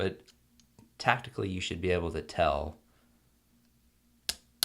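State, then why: Seated. A replacement plastic J key cap is placed on the installed scissor bracket of a 13-inch MacBook Pro Early 2009 Core 2 Duo 2.53 GHz keyboard and pushed down with a finger. Someone talks, then sharp clicks are heard at 4.3 s and 4.6 s as the cap snaps onto the scissor clips and seats.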